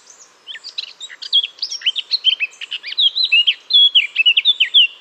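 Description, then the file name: Eurasian blackcap song: a fast, rich warble of varied whistled and scratchy notes, running almost continuously for about four and a half seconds after a brief quiet start. "Sylvia atricapilla"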